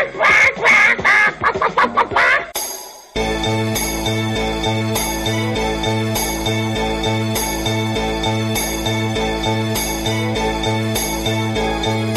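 A rapid run of loud, nasal duck quacks fills the first few seconds, then gives way to steady, rhythmic music with a pulsing low beat.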